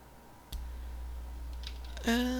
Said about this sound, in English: When victims yell really loudly or in a certain tone, you hear a button press. Yeah. You hear what? You hear like it makes it press a button because they're making like a screeching noise or a yelling noise that corresponds with that.